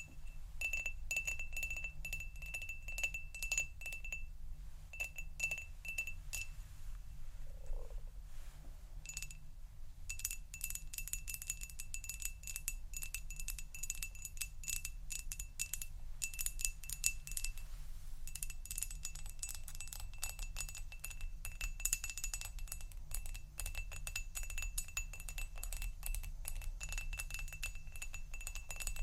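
Rapid tapping fills nearly the whole stretch, a dense, bright clicking with a thin sustained tone running through it that drops out around 4 to 10 seconds and again near 18. Underneath sits a steady low hum, with a brief softer pause around 9 seconds.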